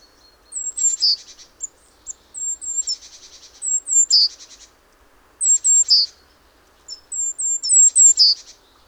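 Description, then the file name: Great tit calling: high thin descending notes ending in a sharper lower note, each group trailed by a buzzy churr, repeated several times. "Parus major"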